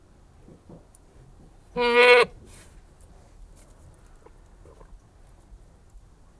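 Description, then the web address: Anglo-Nubian goat gives a single short, strained bleat lasting about half a second, among faint background noises. Anglo-Nubian goat breed, livestock, bleating. "The BBC Sound Effects Library. Anglo-Nubian Goat Bleating"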